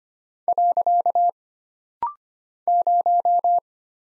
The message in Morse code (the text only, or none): . 0